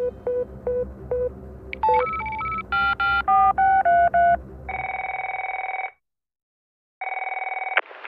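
A quick run of short electronic beeps as a phone number is keyed in, followed by two long, steady ringing tones separated by a brief silence.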